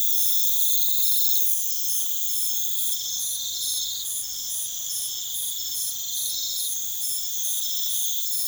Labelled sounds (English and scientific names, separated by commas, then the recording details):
none
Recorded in pastures near Puerto Asís, Putumayo, Colombia, on 4 March 2025 at 03:00
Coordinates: 0.487, -76.322
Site G077